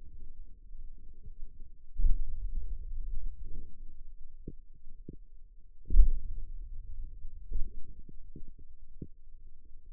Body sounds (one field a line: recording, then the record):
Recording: forearm muscle sounds (acoustic myography)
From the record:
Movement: hand opening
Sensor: system 2, bracelet of six BSWA MPA416 microphones around the upper forearm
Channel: 2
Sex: male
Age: 22 years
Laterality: right